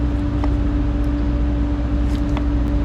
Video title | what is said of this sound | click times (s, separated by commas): 2019 FREIGHTLINER CASCADIA COOLANT LEVEL SENSOR DIAGNOSED AND REPAIRED - NO BYPASS - LOCATION - TEST | you should hear it click okay | 0.4 s, 2.4 s